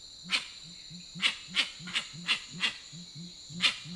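Grey-winged trumpeter giving low, soft hooting notes in a steady rapid series, about three a second, with sharp dry clicks scattered irregularly above them.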